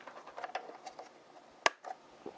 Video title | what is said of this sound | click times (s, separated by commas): 네트워크 보안을 위해 인터넷 포트를 막아버리기 | 그러면 딸깍 소리와 함께 잠기게 되겠죠 | 1.7 s